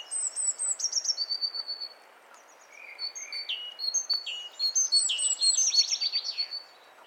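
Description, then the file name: Great tit calls: strings of bright high chirps, a short pause, then denser overlapping notes and rapid rattling slurs. "Parus major"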